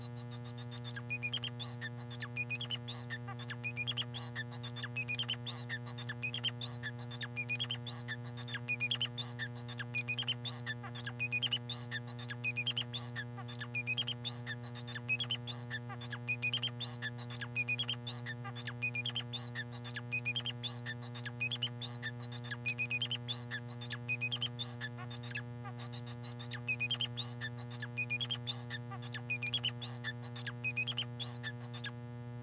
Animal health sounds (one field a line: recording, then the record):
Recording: song of a male Bengalese finch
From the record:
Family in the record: son of father 4